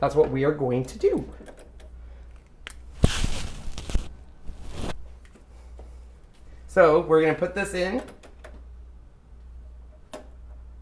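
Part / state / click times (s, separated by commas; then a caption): fine point blade housing into the machine's tool clamp / not seated / none. A fine point blade housing is handled and inserted into the tool clamp of a craft cutting machine while someone talks. There are short handling knocks and rustling around 2.7 to 3.9 seconds and a few faint ticks later. Nothing has seated or clicked into place yet.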